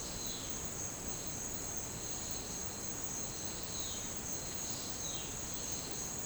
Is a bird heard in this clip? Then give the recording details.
yes. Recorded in dense forest near Puerto Asís, Putumayo, Colombia, on 13 March 2025 at 11:00. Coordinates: 0.500, -76.322. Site GP06